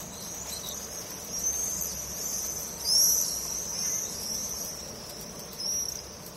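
Swifts giving shrill screams, a piercing rising call near three seconds among repeated high wavering screeches, faint hiss behind.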